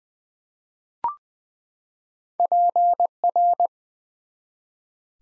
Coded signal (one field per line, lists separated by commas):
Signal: Morse code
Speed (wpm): 20 wpm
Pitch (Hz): 700 Hz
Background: none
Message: PR